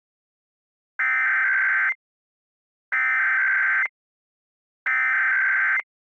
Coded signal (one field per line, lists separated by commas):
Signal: Emergency Alert System (SAME) tones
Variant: header bursts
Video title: EAS - DisneyDVD